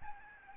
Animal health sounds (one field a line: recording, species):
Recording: mosquito wingbeat signal from an infrared sensor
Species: Aedes albopictus